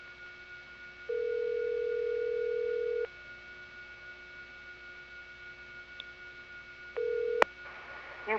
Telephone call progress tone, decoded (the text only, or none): ringback tone